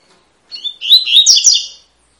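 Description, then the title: Double-collared seedeater song, a single bright burst of whistles and buzzy chirps rising in intensity, then fading, with quiet surroundings. Tui-tui song style of fibra-quality bird, used as a teacher song for training young birds. "COLEIRO TUI TUI FIBRA CANTO PROFESSOR"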